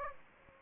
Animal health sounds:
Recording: mosquito wingbeat signal from an infrared sensor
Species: Aedes aegypti

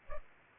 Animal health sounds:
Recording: mosquito wingbeat signal from an infrared sensor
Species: Culex pipiens

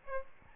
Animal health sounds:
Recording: mosquito wingbeat signal from an infrared sensor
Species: Aedes albopictus

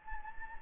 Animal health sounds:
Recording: mosquito wingbeat signal from an infrared sensor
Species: Anopheles gambiae

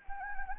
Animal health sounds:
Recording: mosquito wingbeat signal from an infrared sensor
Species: Anopheles gambiae

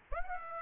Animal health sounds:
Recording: mosquito wingbeat signal from an infrared sensor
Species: Aedes aegypti

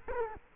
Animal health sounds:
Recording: mosquito wingbeat signal from an infrared sensor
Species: Culex quinquefasciatus

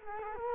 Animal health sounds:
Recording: mosquito wingbeat signal from an infrared sensor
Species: Culex quinquefasciatus

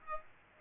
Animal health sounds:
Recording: mosquito wingbeat signal from an infrared sensor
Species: Aedes aegypti

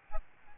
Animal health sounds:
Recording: mosquito wingbeat signal from an infrared sensor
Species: Aedes albopictus

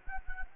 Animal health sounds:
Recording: mosquito wingbeat signal from an infrared sensor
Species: Anopheles gambiae

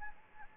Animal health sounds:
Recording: mosquito wingbeat signal from an infrared sensor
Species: Anopheles gambiae

